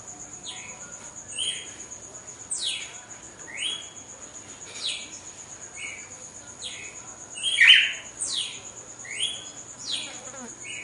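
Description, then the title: Red-cowled cardinal song: spaced whistled notes, falling and level, in an unhurried series over a steady high tone. Female; after the moult; contest bird. "Canto Galo Campina Fêmea 02. GALO DE CAMPINA DEPOIS DA MUDA (disputa)"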